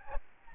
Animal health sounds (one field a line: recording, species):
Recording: mosquito wingbeat signal from an infrared sensor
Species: Aedes albopictus